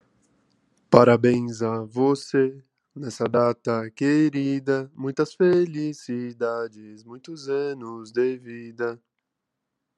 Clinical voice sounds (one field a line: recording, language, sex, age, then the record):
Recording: short text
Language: Brazilian Portuguese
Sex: male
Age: 20 to 29 years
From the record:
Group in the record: control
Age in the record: 26 years